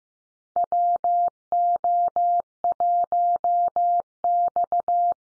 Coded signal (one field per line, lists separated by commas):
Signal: Morse code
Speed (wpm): 15 wpm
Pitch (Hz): 700 Hz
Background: none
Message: WO1X